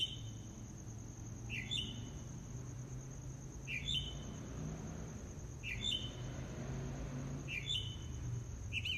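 Mockingbird song: one short chirping phrase repeated roughly every two seconds, with a persistent high insect whine and low background rumble.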